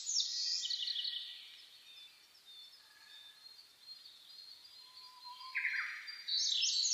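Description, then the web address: Birds in a dawn chorus, with high trilling phrases at the start and end, a faint low whistle and quieter chirps between. Dawn chorus recorded 10 May 2010. "reimei -saezuri-20100510-0401"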